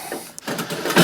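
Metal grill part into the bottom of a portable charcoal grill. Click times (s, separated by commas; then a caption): 0.4 s. A metal part is pushed into the bottom of a small portable charcoal grill during assembly, with scraping and rattling before and after a single sharp metallic click at 0.4 s. The part slides in and locks into place, and someone talks right afterward.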